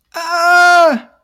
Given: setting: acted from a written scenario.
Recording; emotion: vocal sound without words; distress